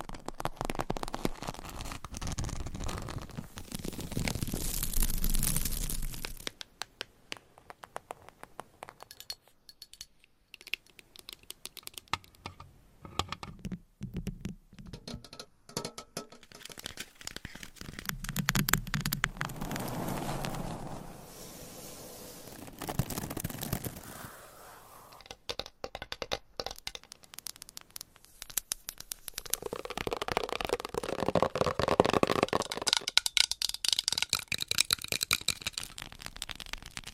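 Dense tapping and scratching, with rapid clicks like typing running through most of the clip. Louder, rougher scratchy stretches come around 0–6, 18–21 and 29–35 seconds, with sparser, lighter tapping in between.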